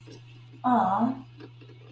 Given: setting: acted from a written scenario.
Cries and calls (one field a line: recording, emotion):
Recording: vocal sound without words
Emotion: adoration